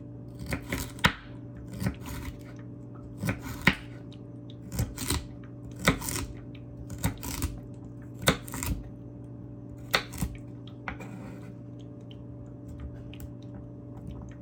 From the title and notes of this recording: ASMR Carrot Chopping.